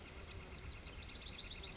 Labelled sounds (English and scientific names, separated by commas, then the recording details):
Northern Flicker (Colaptes auratus)
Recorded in Sonoma County, California